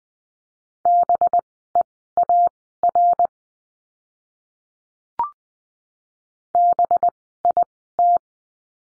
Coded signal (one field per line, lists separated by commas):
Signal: Morse code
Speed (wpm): 20 wpm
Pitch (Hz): 700 Hz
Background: none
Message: BEAR BIT